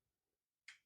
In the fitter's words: let them just snap into place there and